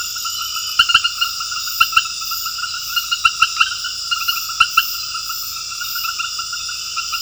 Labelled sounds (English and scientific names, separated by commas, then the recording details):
none
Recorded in secondary vegetation near Puerto Asís, Putumayo, Colombia, on 18 February 2024 at 21:30
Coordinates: 0.481, -76.323
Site G6376